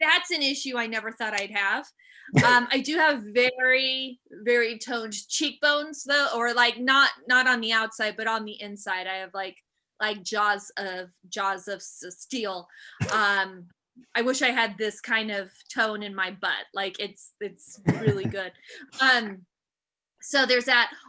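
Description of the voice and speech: An adult woman, a stand-up comedian who stutters, speaks in a relaxed, laughing conversational tone during a live virtual stuttering conference interview, with whole-word and phrase repetitions ("like like", "jaws of jaws of", "it's it's"), a prolonged "s" sound, and drawn-out "um" fillers. These disfluencies are typical of stuttering.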